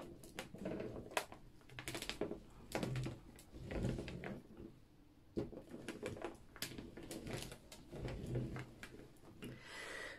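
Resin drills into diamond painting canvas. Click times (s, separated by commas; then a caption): 0.4 s, 1.2 s, 1.9 s, 2.1 s, 2.8 s, 6.6 s. Resin diamond drills are pressed one after another into the crowded pockets of a diamond painting canvas. Short, sharp clicks sound at 0.4, 1.2, 1.9, 2.1, 2.8 and 6.6 seconds as the drills snap into place. The drills seat in their pockets.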